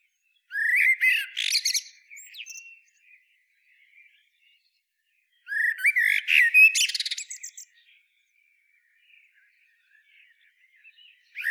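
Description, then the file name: Eurasian blackbird song: two phrases about five seconds apart, whistled notes that rise and run into shrill, squeaky twittering. Soft quiet notes fall between them. "Turdus merula"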